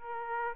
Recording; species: mosquito wingbeat signal from an infrared sensor; Aedes aegypti